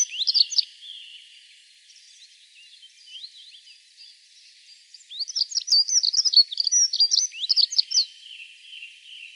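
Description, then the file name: Dunnock song: a brief high twitter at the start, then a longer rushing warble of squeaky notes lasting about three seconds. Recorded on 24 April 2013. "24 04 2013 Heckenbraunelle"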